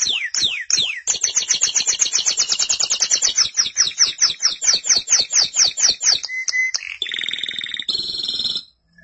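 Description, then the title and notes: Canary song beginning with falling swept notes, then a long rhythmic series of repeated downslurred notes, followed by a short steady tone and a buzzy trill. "BM Suara Kenari. BM Suara Burung Kenari"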